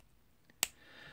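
Two plastic brick pieces are pressed onto a Lego 30591 Ninjago Titanium Mini Mech model. A faint tick at 0.5 s is followed by one sharp, bright click at 0.6 s, then quiet. The pieces seat on the model.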